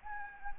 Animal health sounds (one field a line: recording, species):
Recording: mosquito wingbeat signal from an infrared sensor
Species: Anopheles gambiae